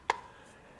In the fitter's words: It's a little confusing until you get the idea of it, but it snaps in place.